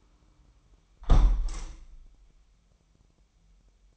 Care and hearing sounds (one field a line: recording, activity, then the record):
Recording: daily activity, microphone in the room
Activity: close window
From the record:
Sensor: 1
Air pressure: 998.5 hPa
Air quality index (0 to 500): 131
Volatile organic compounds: 4 ppm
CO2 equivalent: 1575 ppm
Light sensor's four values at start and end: 9/22/9/11 and 9/21/9/10